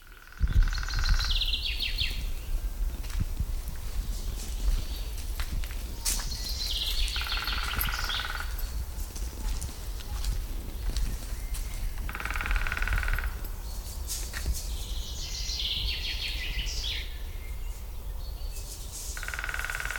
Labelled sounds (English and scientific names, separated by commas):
Great Spotted Woodpecker (Dendrocopos major) drumming